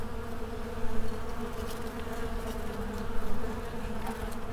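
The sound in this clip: Insect swarm humming: a constant deep buzz of many insects, rising slightly in loudness a few times.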